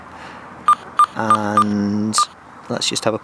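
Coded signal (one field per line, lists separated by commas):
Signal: none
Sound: radio menu key beeps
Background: speech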